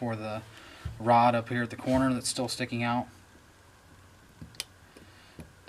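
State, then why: Seated. A punch pushes the sticking-out rod at the corner of a pistol striker assembly inside the slide during reassembly while someone talks. After the talking stops, faint small sounds lead to a sharp snap at 4.6 seconds as the part clears and seats into place.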